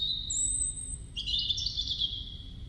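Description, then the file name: European robin song: thin, high whistled notes held steady, then a jump into a lower, wavering, slightly trilled passage; low background rumble. "Erithacus rubecula"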